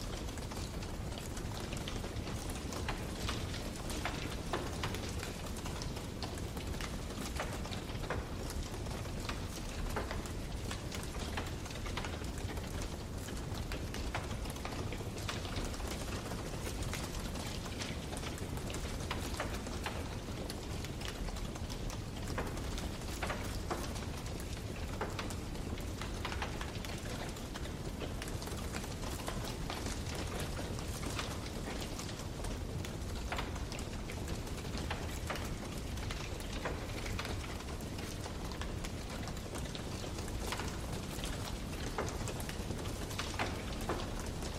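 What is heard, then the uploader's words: A wood fire crackles steadily in a fireplace, with dense, quick pops and snaps scattered through the whole clip. Beneath the sharp crackles runs a soft, low rushing hiss of the flames. The sound stays even throughout. Sounds of a crackling fire in a fireplace. The gentle crackling and popping of the firewood.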